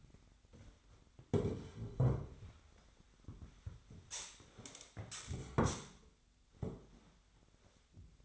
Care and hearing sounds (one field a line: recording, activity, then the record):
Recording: daily activity, microphone in the room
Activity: sit down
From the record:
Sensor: 3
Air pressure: 1007.7 hPa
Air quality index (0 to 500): 194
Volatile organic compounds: 15 ppm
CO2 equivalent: 2480 ppm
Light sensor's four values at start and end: 12/28/12/12 and 12/28/12/12